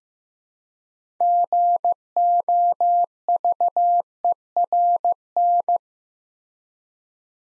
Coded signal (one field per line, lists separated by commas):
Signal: Morse code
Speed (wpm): 15 wpm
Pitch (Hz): 700 Hz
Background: none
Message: GOVERN